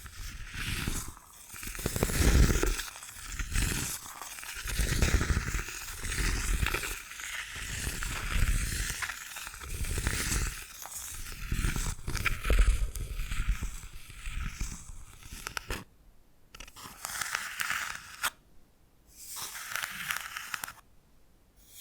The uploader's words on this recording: ASMR Brain Tingling Bamboo Tapping, Scratching and Brushing Sounds for Sleep (No Talking).